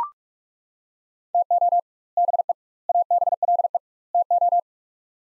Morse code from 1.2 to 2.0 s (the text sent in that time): TO